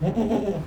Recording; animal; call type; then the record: contact call of a hoofed animal; goat; low-frequency (closed-mouth) or high-frequency (open-mouth) call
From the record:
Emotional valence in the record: negative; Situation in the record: food frustration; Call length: 0.67 s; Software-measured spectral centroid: 1310 Hz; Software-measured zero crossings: 840 a second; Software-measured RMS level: -24 dBFS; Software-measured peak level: -12 dBFS